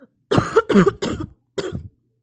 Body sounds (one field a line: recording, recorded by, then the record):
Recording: voluntary cough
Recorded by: messaging app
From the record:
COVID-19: negative